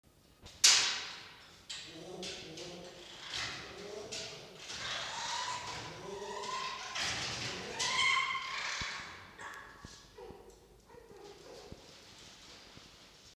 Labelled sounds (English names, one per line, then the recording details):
Red Fox
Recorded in captivity
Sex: diverse
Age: adult
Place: Zoologisches Institut der HUB, Berlin, DE
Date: 1953-01-13 19:25
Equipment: Elmetra
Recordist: Tembrock, Günter
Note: Fiffi (gegen Fritz): offenes und geschlossenes Knurren, nk; Fritz: Angstwinseln